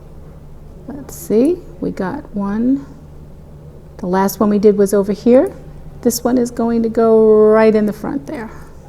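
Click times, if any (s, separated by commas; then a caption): none. Someone talks while handling a metal head pin, about to push it into a chain link at the front of a crystal spiral cascade earring. The head pin has not clicked into the chain yet, and nothing has seated.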